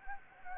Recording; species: mosquito wingbeat signal from an infrared sensor; Anopheles gambiae